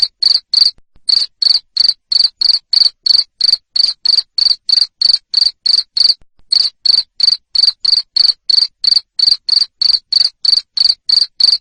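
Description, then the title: Cricket chirping loudly and rhythmically, around three pulses per second, with two brief pauses in an otherwise unbroken run. Loud cricket chirping used to stimulate lovebirds into continuous chattering song. "Suara JANGKRIK NGERIK Keras Bikin LOVEBIRD Jadi NGEKEK Terus Vubey"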